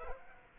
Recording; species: mosquito wingbeat signal from an infrared sensor; Aedes aegypti